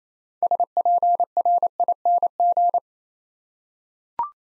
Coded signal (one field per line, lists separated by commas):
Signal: Morse code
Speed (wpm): 27 wpm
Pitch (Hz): 700 Hz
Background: none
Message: SPRING